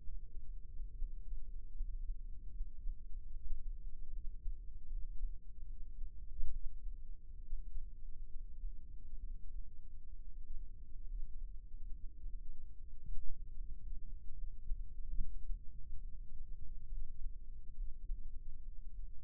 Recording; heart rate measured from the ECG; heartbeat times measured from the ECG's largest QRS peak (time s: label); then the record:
heart sounds by microphone in the left ear; 71 bpm
0.17 s: heartbeat
0.98 s: heartbeat
1.76 s: heartbeat
2.53 s: heartbeat
3.33 s: heartbeat
4.13 s: heartbeat
4.91 s: heartbeat
5.69 s: heartbeat
6.52 s: heartbeat
7.41 s: heartbeat
8.30 s: heartbeat
9.20 s: heartbeat
10.16 s: heartbeat
11.08 s: heartbeat
11.91 s: heartbeat
12.75 s: heartbeat
13.57 s: heartbeat
14.37 s: heartbeat
15.16 s: heartbeat
16.03 s: heartbeat
16.90 s: heartbeat
17.76 s: heartbeat
18.65 s: heartbeat
From the record:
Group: healthy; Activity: cold pressor test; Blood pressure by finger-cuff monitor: 102/71 mmHg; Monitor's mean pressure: 83 mmHg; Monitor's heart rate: 72 bpm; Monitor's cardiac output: 5.8 L/min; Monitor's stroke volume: 81 mL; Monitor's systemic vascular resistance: 1010 dyn s/cm5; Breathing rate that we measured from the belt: 19 breaths a minute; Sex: male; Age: 22 years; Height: 181 cm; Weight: 79 kg